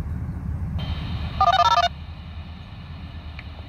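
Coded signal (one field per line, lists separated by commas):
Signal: DTMF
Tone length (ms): 60 ms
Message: 4161013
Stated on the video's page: DTMF activation tone for a monthly tornado siren test, received on a scanner.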